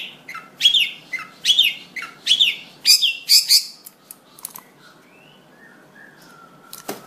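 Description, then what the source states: Long-tailed shrike song: a row of loud buzzy, rasping notes, then near quiet with a few faint soft notes and one sharp click at the end. Combination song, the style named kicau kombinasi.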